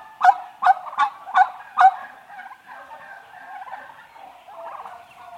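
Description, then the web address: Domestic turkeys: five loud, abrupt calls in quick succession, then quieter chatter from the flock for the rest. Eight-month-old domestic turkeys, mostly hens, recorded indoors at close perspective. "interior eight month old turkeys mostly hens females close perspective"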